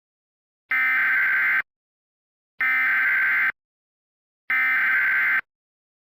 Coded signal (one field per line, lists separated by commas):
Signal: Emergency Alert System (SAME) tones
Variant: header bursts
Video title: EAS Scenario #2: Shiver